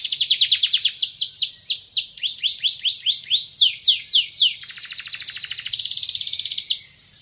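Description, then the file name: Canary song: loud, rapid series of high whistled notes and sweeping trills, each phrase repeated quickly before switching to a fast buzzy rattle that ends abruptly. Song of a Van Helsing type canary. "kicauan kenari van helsing. omkicau"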